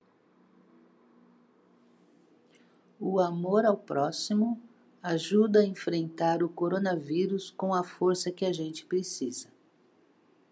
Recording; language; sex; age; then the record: spoken sentence; Brazilian Portuguese; female; 60 to 69 years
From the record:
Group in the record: control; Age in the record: 61 years